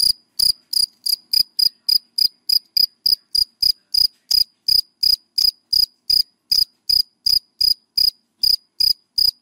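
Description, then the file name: Cricket song of fast, regular high chirps, around three a second, continuing without pause. Crickets calling, given by the Vietnamese names dế mèn, dế cơm and dế than. "Tieng de men de com de than keu"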